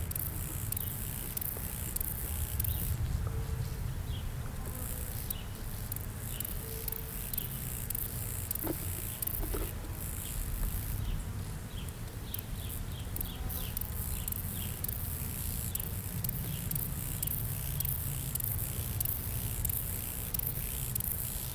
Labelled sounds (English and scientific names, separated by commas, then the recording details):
Field Grasshopper (Chorthippus brunneus)
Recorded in the wild
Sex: male
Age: imago
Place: Blankenfelde, Berlin, DE
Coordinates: 52.63, 13.4
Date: 1991-10-06 12:40
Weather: sonnig, Schatten: 25,3°C, Sonne: 30,4°C
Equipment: Marantz CP 430, Sennheiser ME 80, K 30 AV, Kopie Tesla B 116
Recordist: Tembrock, Günter